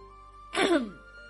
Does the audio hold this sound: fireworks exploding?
no